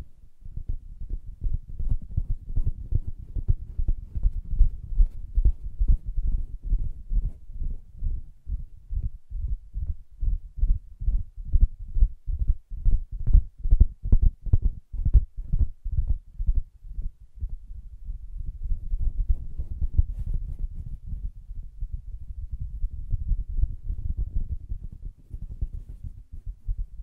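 Soft, muffled tapping on a fabric surface, a quick and fairly even run of dull thuds that stays low and dark throughout. Around the eighteen-second mark the taps give way to a denser scratching rub, with tapping mixed back in toward the end.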